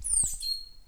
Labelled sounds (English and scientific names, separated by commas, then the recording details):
Stitchbird (Notiomystis cincta) song
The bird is a male
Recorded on Tiritiri Matangi Island, New Zealand, in 2005
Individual 3, of nest box 3